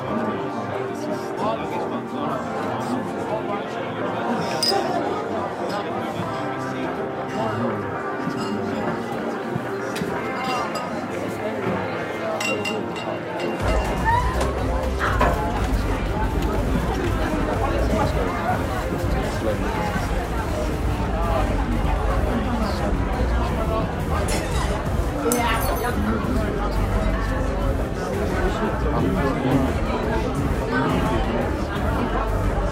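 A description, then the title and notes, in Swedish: Murmuring bar crowd: many voices blend into a dense, steady babble, with occasional clinks of glasses around 5, 15 and 25 seconds. At about 13 seconds a low rumble joins in and the whole scene grows slightly louder, staying thick to the end. Baren. En timme sorlande barljud.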